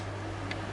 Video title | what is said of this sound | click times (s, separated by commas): MAH00144 | and you hear it unlocking | 0.5 s